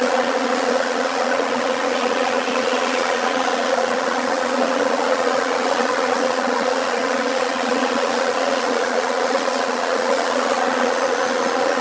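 Bees humming in a steady, dense drone that holds an even, buzzing tone throughout with no breaks.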